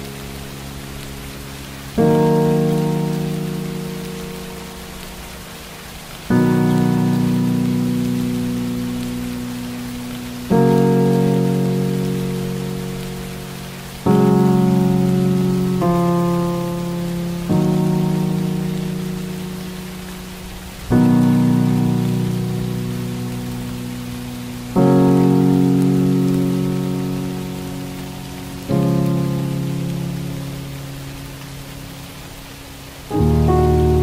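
Slow, low piano chords are struck about every four seconds, each ringing out and fading before the next, over a steady soft hiss of rain. A few chords come closer together in the middle, and the rain stays even throughout.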